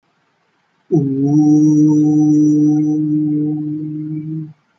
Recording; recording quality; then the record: sustained vowel as in boot; excellent, no background noise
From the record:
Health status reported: healthy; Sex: male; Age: 24 years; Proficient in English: yes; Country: India